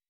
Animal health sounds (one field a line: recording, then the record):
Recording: hydrophone in a shrimp aquaculture tank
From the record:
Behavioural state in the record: weakened